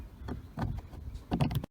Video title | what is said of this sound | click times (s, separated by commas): 2013-2015 Honda Civic Window Trim Replacement | Window control snaps in place. | 1.6 s